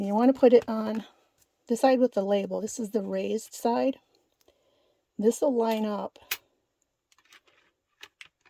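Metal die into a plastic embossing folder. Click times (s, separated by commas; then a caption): 8.2 s. Someone talks while a thin metal die is lined up and pressed into the raised, labelled side of a plastic embossing folder. A few faint taps follow in the quiet, then a sharp click at 8.2 s as the die snaps into place and stays seated.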